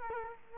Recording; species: mosquito wingbeat signal from an infrared sensor; Culex quinquefasciatus